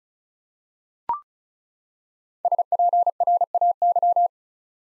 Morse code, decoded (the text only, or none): SPRAY